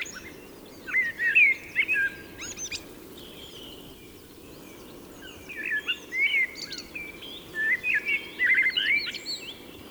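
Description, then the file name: Common blackbird song: short fluty warbled phrases in bursts separated by pauses, with scattered high chirps. "Turdus merula"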